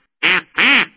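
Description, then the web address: Duck quacks: two loud nasal calls in quick succession, the second longer, with silence around them. "Real Ducks"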